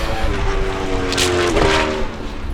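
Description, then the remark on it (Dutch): Motorcycles roar past, their engines droning in a steady harmonic hum that bends in pitch as they go by, with a couple of louder whooshing surges midway and no talking. “De motorgekken die komen voorbij.”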